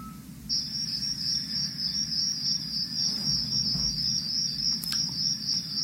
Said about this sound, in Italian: Sono suggestivi i grilli. Ricordano la quiete notturna.